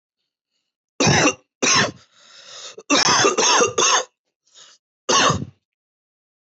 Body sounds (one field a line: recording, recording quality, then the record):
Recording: heavy voluntary cough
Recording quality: excellent, no background noise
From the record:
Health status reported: healthy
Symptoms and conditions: none ticked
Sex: male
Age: 33 years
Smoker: not ticked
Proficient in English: yes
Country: United States